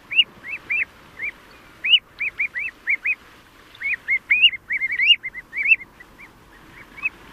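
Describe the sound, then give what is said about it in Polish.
Common ringed plovers, nesting on a Polish seaside beach during the breeding season, give a steady run of short, clear, upward-slurred piping calls, some in quick pairs and triplets, over a soft background hiss with no talking. “Te druciane konstrukcje to schronienie dla ptaków. Mają chronić gniazda sieweczek obrożnych, małych morskich przyjaciół, które to zwierzaki pojawiły się, no bo mają okres lęgowy, jak się domyślam.”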